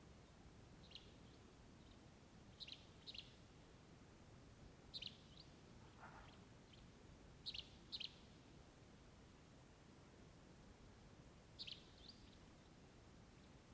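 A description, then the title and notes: Short, nasal peents, likely from a nighthawk, come every two to four seconds, often in quick pairs, sounding fairly distant. A steady low rumble of outdoor dawn noise runs underneath, with one faint lower call near the middle. Colockum Wildlife, dawn. Geophony: rocky shrub steppe with mixed grasses and vegetation, some stands of Ponderosa Pine. Wind: 3mph from ENE.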